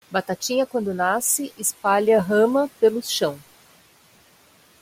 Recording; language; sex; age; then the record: short text; Brazilian Portuguese; female; 50 to 59 years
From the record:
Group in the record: control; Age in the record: 54 years